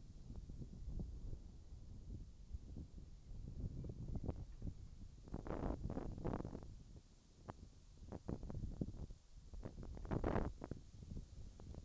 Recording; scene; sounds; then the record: everyday scene through a hearing-aid microphone; wind on the microphone; wind, whistling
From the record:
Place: in front of a rural house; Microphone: in the ear canal, left